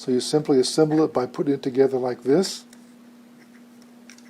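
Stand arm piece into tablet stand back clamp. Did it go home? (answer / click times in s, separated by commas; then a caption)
yes / 4.1 s. A stand arm piece is fitted into the back clamp of a FRiEQ Dash-F1 Premium cradle-less iPad holder while someone talks for the first two and a half seconds. After a quiet pause, faint ticks follow, with a sharp tick at 4.1 s as the piece slides across and locks into place.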